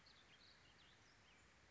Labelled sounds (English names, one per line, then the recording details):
Warbling Vireo
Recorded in Sonoma County, California